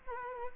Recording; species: mosquito wingbeat signal from an infrared sensor; Culex quinquefasciatus